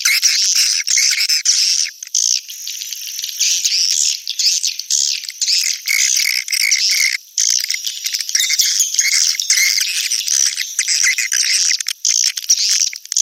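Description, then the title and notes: Swiftlet calls, a dense high twittering chorus of chirps running almost throughout, with a few brief dips. Sound used in swiftlet farming in Asia. "Swiflet Bird Sound. Farming Swiflet Bird asia sound"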